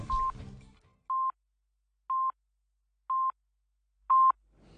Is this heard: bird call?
no